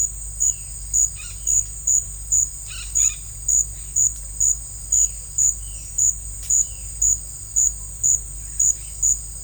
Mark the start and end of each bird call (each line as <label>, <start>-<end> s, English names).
Violaceous Jay, 1.12-1.49 s
Violaceous Jay, 2.63-3.19 s
Violaceous Jay, 4.88-5.15 s
Violaceous Jay, 5.57-6.00 s
Violaceous Jay, 6.59-7.01 s